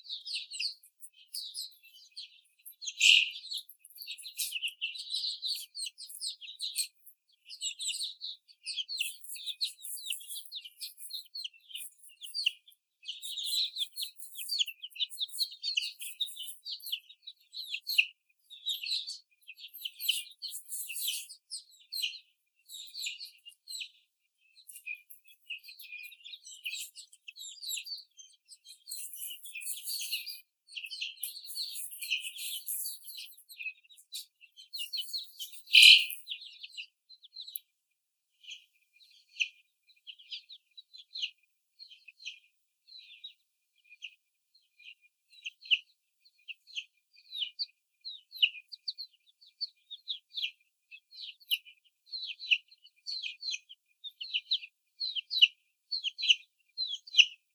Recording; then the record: young laying hens in a cage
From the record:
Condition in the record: before the stressor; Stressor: sudden umbrella opening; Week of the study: 3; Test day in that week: 2